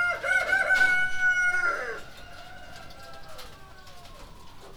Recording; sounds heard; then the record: poultry house recording; healthy chickens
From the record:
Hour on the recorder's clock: 23